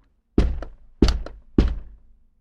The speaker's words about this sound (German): Gregor steht täglich an der Tür und horcht und denkt an alte Zeiten. Manchmal wird er müde und sein Kopf schlägt an die Tür.